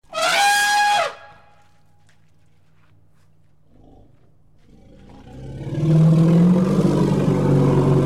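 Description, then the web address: Elephant trumpeting: a shrill, high, brassy blast of about a second, a quiet pause with faint low rumbling, then a loud, noisy, low roar. "animal sounds elephant"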